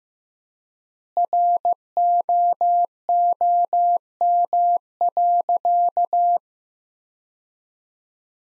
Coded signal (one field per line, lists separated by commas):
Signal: Morse code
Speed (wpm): 15 wpm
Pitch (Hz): 700 Hz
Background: none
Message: ROOM.